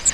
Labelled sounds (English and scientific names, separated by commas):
Grace's Warbler (Setophaga graciae) flight call